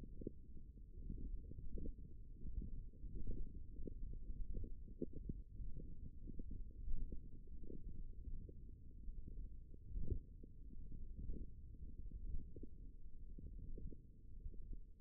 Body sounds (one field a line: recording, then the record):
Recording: forearm muscle sounds (acoustic myography)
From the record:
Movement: wrist flexion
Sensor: system 1, eight BSWA MPA416 microphones around the upper forearm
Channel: 4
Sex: male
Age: 23 years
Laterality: right